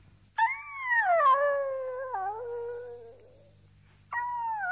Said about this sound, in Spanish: Las 10, las 11, medianoche. Persistían los aullidos lastimeros.